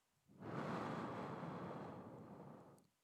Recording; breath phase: one breath near a microphone; exhalation